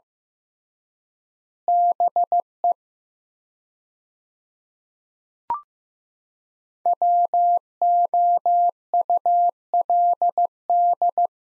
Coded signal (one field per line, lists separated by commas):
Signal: Morse code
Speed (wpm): 15 wpm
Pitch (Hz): 700 Hz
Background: none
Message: BE WOULD